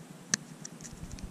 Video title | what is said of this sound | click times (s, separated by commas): Cummins 6.7 EZ Lynk Install and DPF delete | we go here click make the pull on it and then | 0.3 s